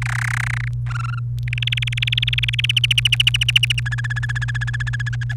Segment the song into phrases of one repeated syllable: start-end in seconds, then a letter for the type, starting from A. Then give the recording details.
0.02-0.68 A, 0.87-1.19 B, 1.48-2.71 C, 2.76-3.80 D, 3.86-5.09 E, 5.13-5.34 F. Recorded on 28 April 2018 at 17:28. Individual llb3